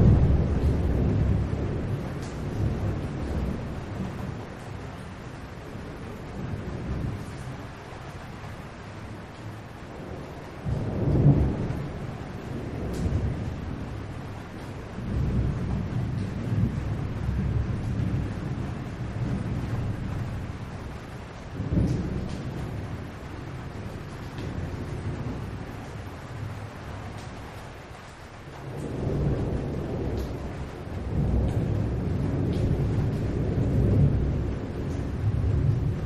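Low rolling thunder rumbles almost continuously, swelling around 11, 22 and 30 seconds, with a faint hiss of rain above.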